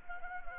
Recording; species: mosquito wingbeat signal from an infrared sensor; Anopheles gambiae